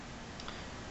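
Plastic tailgate lock tabs on an Oshkosh P series plow toy truck are pressed in after repeated attempts, giving two short clicks at 0.4 s and 0.5 s over a steady hiss. The tailgate latch locks into place.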